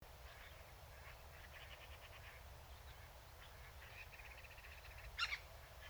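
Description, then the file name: Eurasian blackcap giving a hard, sharp tacking click or two near the end, over faint chattering and a low steady rumble. "Sylvia atricapilla"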